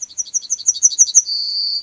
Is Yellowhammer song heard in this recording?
yes